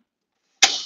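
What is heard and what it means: The locking pin in the telescopic leg of a DJ stand snaps into one of the height-adjustment holes as the stand's height is set. After near silence, a sharp, loud click at 0.6 s rings briefly with a bright metallic tail. The pin is seated and locked into the hole.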